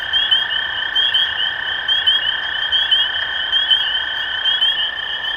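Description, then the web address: Spring peeper chorus, many shrill rising peeps piling over one another, backed by a steady lower-pitched trill. Recorded 23 March 2012. "rob animals Peepers-2012-0323"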